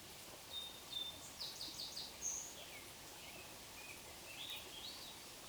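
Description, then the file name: Birds singing: thin high whistled notes and quick chirps cluster in the first half, then fainter scattered twitters, all over a steady hiss of background noise. "tlf-birds singing"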